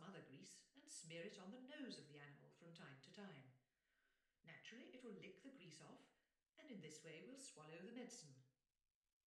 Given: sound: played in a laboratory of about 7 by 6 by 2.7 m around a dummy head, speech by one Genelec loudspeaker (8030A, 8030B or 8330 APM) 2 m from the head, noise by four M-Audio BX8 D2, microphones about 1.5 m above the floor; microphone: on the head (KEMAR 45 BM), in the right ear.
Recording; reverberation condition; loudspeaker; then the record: female speech in English; medium; in front (0 degrees)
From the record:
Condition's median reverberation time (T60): about 510 ms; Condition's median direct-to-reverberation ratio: about -0.5 dB